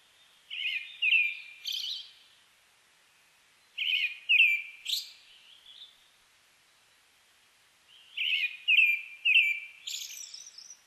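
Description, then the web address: Brown-headed thrush singing three short whistled phrases of three or four notes, ending in a thin high flourish, each phrase roughly three to four seconds apart, clean and quiet behind. Recorded on 29 May 2004. "2004 040529 akahara"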